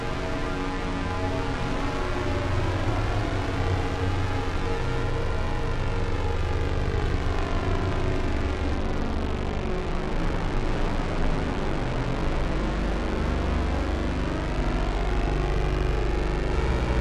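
An 8-voice Moog Poly Phatty calibrating through a Dreadbox Hypnosis makes a dense, sustained wall of stacked tones at an even level throughout. Many pitches drift and sweep against each other, creating shifting, swirling beating, over a heavy low rumble.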